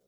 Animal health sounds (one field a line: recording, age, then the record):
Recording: pig call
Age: piglet (1 to 25 days)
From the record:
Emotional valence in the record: positive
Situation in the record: reunion after long isolation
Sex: female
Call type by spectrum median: low-frequency call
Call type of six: low-frequency tonal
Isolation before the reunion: 8 minutes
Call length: 0.08 s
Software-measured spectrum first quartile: 447 Hz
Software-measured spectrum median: 1637 Hz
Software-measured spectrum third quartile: 12778 Hz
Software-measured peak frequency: 419 Hz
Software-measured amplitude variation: 32 dB a second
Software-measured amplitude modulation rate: 18.1 a second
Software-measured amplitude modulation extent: 1.8 dB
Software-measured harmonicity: 8.3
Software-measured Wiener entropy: -2.80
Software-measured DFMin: 906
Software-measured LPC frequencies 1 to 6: 507, 3838, 5578, 6697, 7737, 10013 Hz